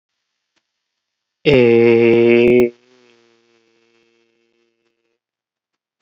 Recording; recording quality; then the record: sustained vowel as in made; excellent, no background noise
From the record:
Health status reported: COVID-19 positive, mild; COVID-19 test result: positive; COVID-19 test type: RT-PCR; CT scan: not taken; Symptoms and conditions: fever, diarrhoea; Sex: male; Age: 33 years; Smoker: no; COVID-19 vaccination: one dose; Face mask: worn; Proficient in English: yes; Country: India